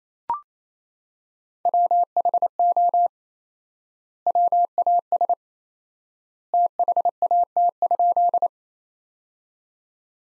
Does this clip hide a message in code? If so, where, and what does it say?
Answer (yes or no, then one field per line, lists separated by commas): yes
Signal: Morse code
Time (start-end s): 1.7-8.5 s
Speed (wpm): 28 wpm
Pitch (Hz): 700 Hz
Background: none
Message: WHO WAS THAT?